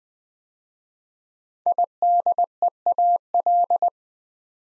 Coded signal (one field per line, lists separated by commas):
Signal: Morse code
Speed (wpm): 20 wpm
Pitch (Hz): 700 Hz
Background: none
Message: IDEAL